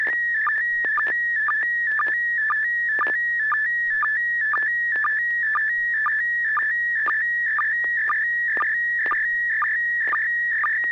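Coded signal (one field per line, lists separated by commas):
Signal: SSTV (slow-scan television)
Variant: PD120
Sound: warbling high tone shifting pitch, with a short low blip about twice per second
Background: low steady hum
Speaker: well, this should be PD 120.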